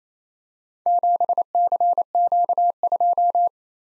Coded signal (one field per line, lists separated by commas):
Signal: Morse code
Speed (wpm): 28 wpm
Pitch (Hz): 700 Hz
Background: none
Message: 7CQ2